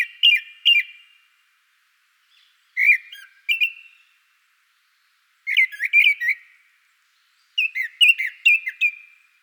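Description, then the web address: Japanese thrush giving clear whistled song phrases, each a cluster of a few sharp notes, repeated every two to three seconds with quiet gaps between. Wild bird in Hokkaido, Japan. "Google Sounds Sound Matters. Japanese thrush in wild hokkaido"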